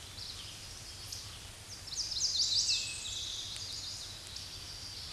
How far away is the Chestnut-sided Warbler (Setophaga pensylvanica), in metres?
about 35 m